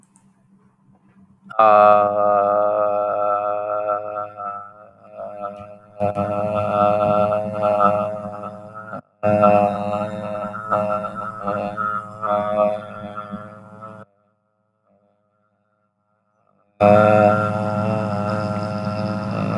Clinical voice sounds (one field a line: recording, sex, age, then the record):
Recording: vowel held as long as possible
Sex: male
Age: 30 to 39 years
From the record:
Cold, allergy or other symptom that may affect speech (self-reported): no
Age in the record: 37 years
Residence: Texas, United States